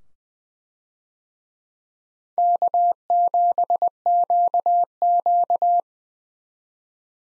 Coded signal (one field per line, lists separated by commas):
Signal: Morse code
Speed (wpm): 21 wpm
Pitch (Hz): 700 Hz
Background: none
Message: K7QQ